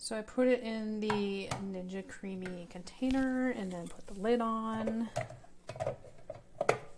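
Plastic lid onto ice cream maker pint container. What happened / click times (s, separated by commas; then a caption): Lid handled on the container, not yet snapped home / none. Someone talks while fitting a plastic lid onto a filled Ninja Creami ice cream maker pint container. Small sharp plastic handling sounds follow near the end, from about 6.3 s. The lid has not seated or snapped into place yet.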